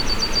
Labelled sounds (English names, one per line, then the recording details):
Yellowhammer song
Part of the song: start
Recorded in the Czech Republic on 26 June 2014
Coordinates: 49.872, 13.879
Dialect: BhBl
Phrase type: E36
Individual h018